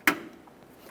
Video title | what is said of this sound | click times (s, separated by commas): How to Replace Radiator Cooling Fan 2004-2006 Scion xB | listen for a click give it a nice tug to make sure it's secured in there and it's not going to fall out | 0.1 s